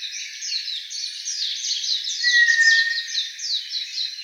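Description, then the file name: White's thrush: one drawn-out, pure whistled note midway through, set against a constant rapid chorus of chirping notes. Recorded 10 April 2013 at 05:37. "toratugumi 20130410 0537"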